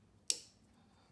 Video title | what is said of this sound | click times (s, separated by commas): Quantum Solenoid Install - 2017 Corolla iM | re-snap till you hear the click. | 0.3 s